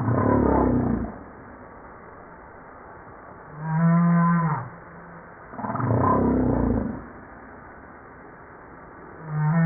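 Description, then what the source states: Humpback whale song units: broad, noisy low roars alternate with steady low harmonic moans, each lasting about a second, in a slow repeating pattern. From a 2013 JASA publication.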